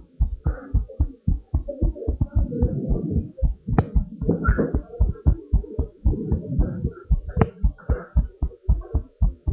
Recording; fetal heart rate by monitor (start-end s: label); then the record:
heart sounds of a pregnant woman by stethoscope
no fetal heartbeat
From the record:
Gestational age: 38 weeks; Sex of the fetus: boy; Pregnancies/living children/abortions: 2/1/0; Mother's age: 35 years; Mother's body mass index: 33.8